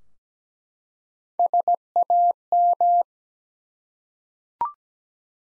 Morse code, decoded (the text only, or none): SAM